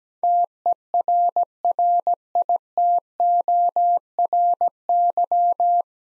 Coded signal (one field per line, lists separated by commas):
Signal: Morse code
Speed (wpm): 17 wpm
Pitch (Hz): 700 Hz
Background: none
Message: TERRITORY